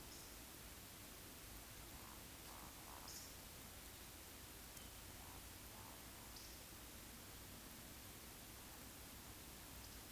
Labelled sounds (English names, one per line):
Eurasian Woodcock whistle
Eurasian Woodcock croak